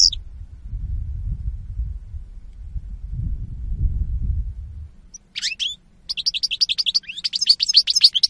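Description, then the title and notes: European goldfinch: a brief note, then several seconds of low rumbling noise before twittering song starts, with rapid repeated high chirps continuing to the end. Spanish goldfinch lure call (reclamo). "JUNIO 2014. Reclamo jilguero espaÑol. La Mañana"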